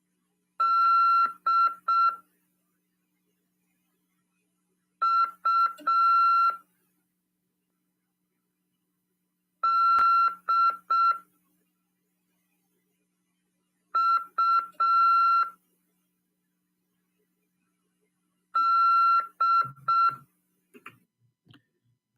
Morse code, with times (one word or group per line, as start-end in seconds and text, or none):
0.6-2.1 D
5.0-6.5 U
9.6-11.1 D
14.0-15.4 U
18.6-20.1 D